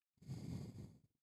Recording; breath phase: one breath near a microphone; exhalation